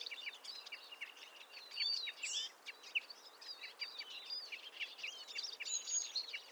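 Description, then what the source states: Eurasian Siskin flock chatter, a soft high twittering babble of overlapping chirps and short trills throughout. Barely audible babble of a flock; morning, February 2020; Montagne du Puy, Drôme, 1500 m altitude; mixed conifer and oak forest; Nagra Seven and Telinga Pro7 stereo.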